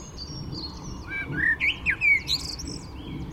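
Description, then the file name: Eurasian blackbird calls: a run of short whistled chirps rising and falling, over steady low background hiss. "Turdus merula"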